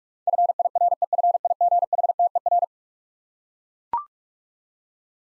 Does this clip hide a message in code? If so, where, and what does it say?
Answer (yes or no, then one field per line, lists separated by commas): yes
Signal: Morse code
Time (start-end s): 0.3-2.6 s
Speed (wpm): 41 wpm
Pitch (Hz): 700 Hz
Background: none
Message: FIREFIGHTER